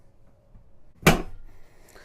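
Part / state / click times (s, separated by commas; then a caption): enclosed storage basket (lid/latch) on trailer e-track / seated / 1.1 s. An enclosed Onesnt storage basket on a trailer e-track has its lid or mounting latch pushed shut, and it locks into place with a single sharp click at 1.1 s. A much fainter tick follows at about 1.9 s against quiet background noise.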